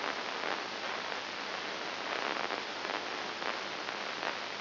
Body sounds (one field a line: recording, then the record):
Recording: brain microelectrode recording played as sound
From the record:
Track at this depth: inside the subthalamic nucleus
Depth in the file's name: 6.301 mm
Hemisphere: left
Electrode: 2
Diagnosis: Parkinson's disease